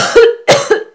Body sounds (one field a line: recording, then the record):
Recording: coughing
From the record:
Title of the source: Coughing Woman Sound - Woman Cough Sound Effect